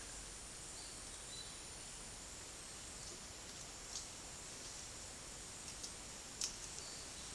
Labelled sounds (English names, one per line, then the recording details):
none
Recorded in secondary vegetation near Puerto Asís, Putumayo, Colombia, on 20 February 2024 at 13:00
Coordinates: 0.489, -76.322
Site G6419